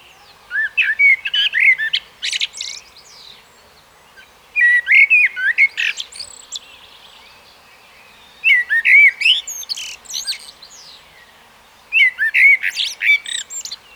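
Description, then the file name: Common blackbird song: four separate phrases, each low mellow warbled whistles followed by a squeaky high twitter, spaced about four seconds apart. "Turdus merula"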